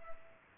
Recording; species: mosquito wingbeat signal from an infrared sensor; Culex pipiens